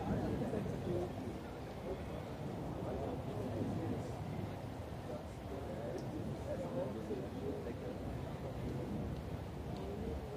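Crowd murmur in Munich's Englischer Garten, with many people passing by and fragments of conversation blending into a steady, dense wash of low and middle sound. The level stays even throughout, with faint brief voice snatches rising out of the mix now and then.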